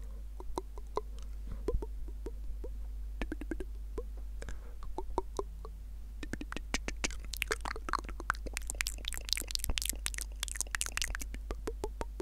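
ASMR mouth sounds: quick wet clicks and smacks, scattered in the first half and growing denser and brighter after about six seconds, with bursts of crisp crackling. A steady low hum runs underneath throughout.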